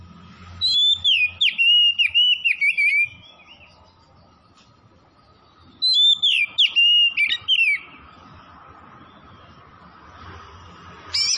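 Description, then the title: Oriental magpie-robin singing two bursts of quick, rolling whistled notes, each about two seconds long, separated by quiet with a faint steady hum. Singing vigorously (gacor); Tretes. "Kacer Tretes"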